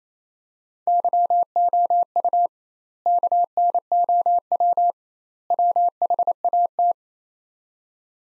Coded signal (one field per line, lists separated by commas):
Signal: Morse code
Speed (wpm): 28 wpm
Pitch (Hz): 700 Hz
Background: none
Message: YOU KNOW WHAT